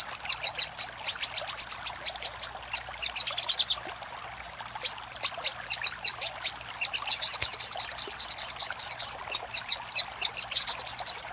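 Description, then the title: Little spiderhunter song: bursts of fast, piercing high notes, a pause, then long chattering runs. Master recording made for training cage birds, in the labaik song style. "Masteran Burung Sogok Ontong Labaik"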